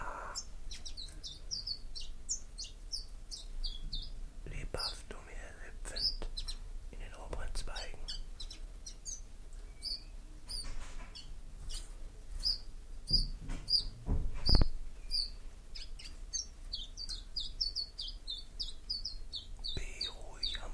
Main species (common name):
Common Chiffchaff